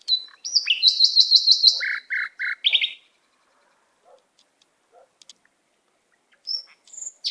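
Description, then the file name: Canary song: a fast run of bright repeated notes, then three lower buzzy notes, a quiet gap, and a few high chirps at the end. "Canary Voice"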